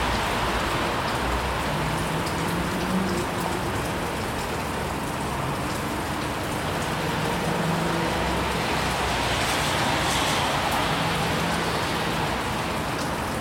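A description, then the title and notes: Rain falls in a steady, dense hiss across the whole clip, with a constant level from start to finish. A low rumble from passing cars rises briefly at a few points, most clearly around the third and ninth seconds, beneath the unbroken patter. Cars Passing By On a Rainy Day. The sound of rain and cars passing by, recorded with a Sony PCM D100 placed in my window sill. It feels like the swallowing of white noise and slushing water.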